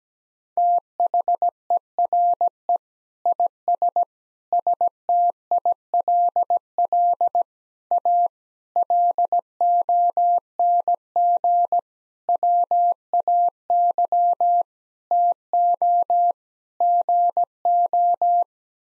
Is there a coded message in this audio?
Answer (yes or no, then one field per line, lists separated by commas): yes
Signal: Morse code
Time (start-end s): 0.6-18.4 s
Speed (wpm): 17 wpm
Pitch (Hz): 700 Hz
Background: none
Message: THERE IS STILL A LONG WAY TO GO